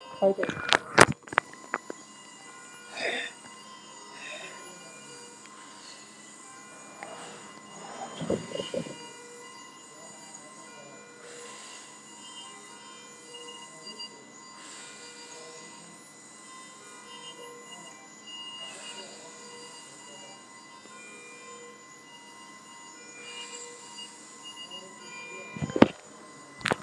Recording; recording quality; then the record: deep breathing; moderate, slight background noise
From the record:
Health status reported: COVID-19 positive, moderate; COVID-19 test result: positive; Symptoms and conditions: cough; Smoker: not ticked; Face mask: worn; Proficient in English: yes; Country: India